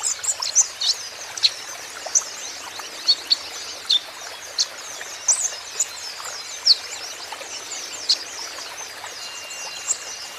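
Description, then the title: Van Hasselt's sunbird uttering scattered thin high chips and short twittering notes at irregular intervals, set against a constant rushing, watery background hiss. 'Ijoan' konin in full 'gacor' song, a steady song used as a lure and therapy to prompt caged konin sunbirds to answer. "KOLIBRI NINJA KONIN IJOAN GACOR PANCINGAN TERAPI KONIN NYAUT"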